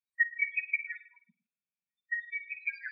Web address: Lesser cuckoo